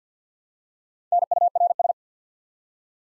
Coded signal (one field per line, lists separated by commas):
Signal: Morse code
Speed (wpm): 48 wpm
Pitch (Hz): 700 Hz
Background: none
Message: NURS